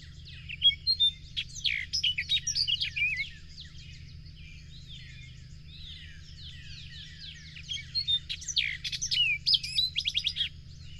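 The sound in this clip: Bird song: long busy stretches of rapid twittering and chirping, a quieter gap in the middle, then more fast chirps, over a steady low hum.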